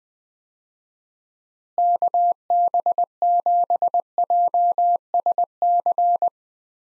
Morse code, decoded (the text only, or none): KB7JSC